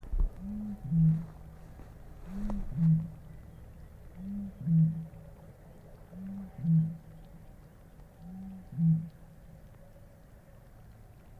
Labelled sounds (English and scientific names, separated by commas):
Great Bittern (Botaurus stellaris)